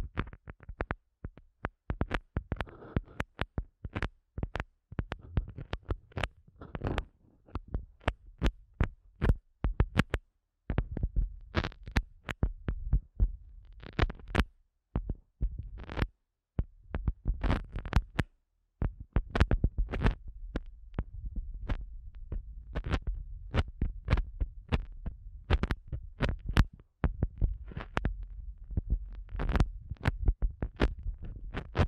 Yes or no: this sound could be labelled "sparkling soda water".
no